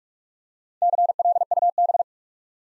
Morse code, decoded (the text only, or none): CLUB